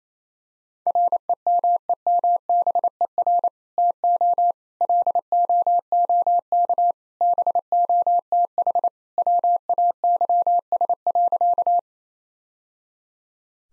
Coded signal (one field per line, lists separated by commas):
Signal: Morse code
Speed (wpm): 28 wpm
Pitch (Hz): 700 Hz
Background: none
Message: REMEMBER TO LOOK BOTH WAYS.